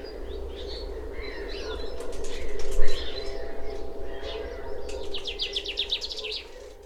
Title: antiritm : quatres pistes d'oiseaux et de chiens